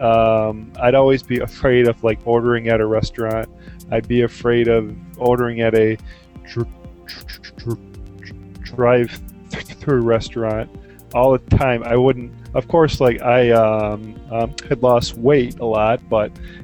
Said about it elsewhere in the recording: I was younger, I had a lot of anxiety, a lot of social anxiety. I was always so ashamed of my stuttering.